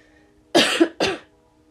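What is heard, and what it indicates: An adult woman, unwell with an illness that keeps her from speaking loudly, gives two short coughs in quick succession.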